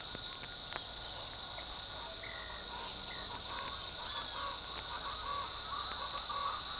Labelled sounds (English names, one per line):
none